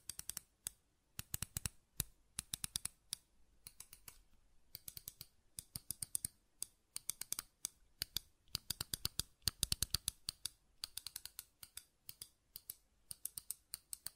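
Buttons are clicked and tapped in quick, sharp bursts, often in rapid runs of several clicks followed by brief pauses. The clicks are crisp and bright, varying in force, with a faint low hum sitting underneath throughout.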